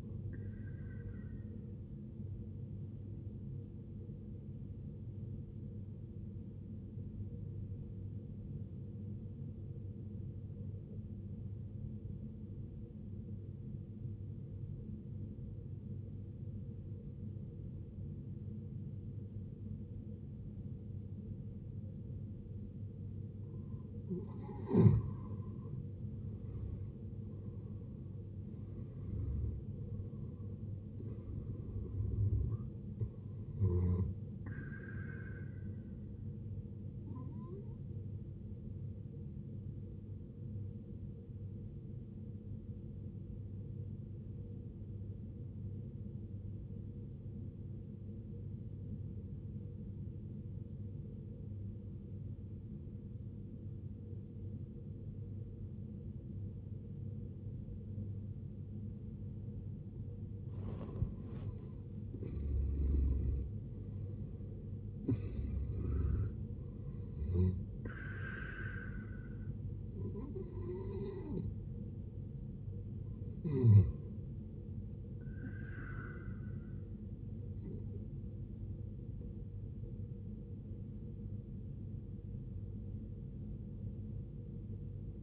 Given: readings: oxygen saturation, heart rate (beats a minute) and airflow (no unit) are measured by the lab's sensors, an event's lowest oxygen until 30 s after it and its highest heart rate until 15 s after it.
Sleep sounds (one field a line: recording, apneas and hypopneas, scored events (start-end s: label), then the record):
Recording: breathing in sleep by a smartphone at the bedside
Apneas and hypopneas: 2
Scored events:
12.00-24.90 s: obstructive apnea (scored as awake, oxygen 94% highest, then 78% lowest, heart rate 63 at the start, 74 highest)
12.00-28.00 s: awake
28.00-85.23 s: new sleep stage, N1 (lightest sleep)
42.00-60.40 s: obstructive apnea (N1, oxygen 93% highest, then 81% lowest, heart rate 54 at the start, 75 highest)
From the record:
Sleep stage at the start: awake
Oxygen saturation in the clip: 78 to 94%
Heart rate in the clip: 54 to 75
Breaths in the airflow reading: 10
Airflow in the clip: -13.5 to 13.8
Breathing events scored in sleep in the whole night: 389 in 6.3 hours asleep